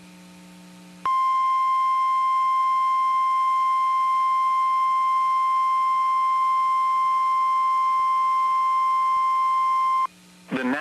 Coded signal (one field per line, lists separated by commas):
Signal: Emergency Alert System (SAME) tones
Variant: 1050 Hz attention tone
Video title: Tornado Warning for Bell, TX (EAS #96)